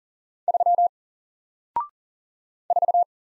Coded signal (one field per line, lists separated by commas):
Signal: Morse code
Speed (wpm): 40 wpm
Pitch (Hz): 700 Hz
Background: none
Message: 3 4